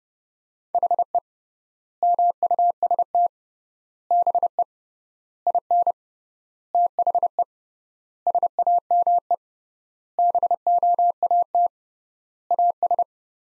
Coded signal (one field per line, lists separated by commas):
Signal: Morse code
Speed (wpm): 30 wpm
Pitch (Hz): 700 Hz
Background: none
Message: HE MUST BE IN THE SAME BOAT AS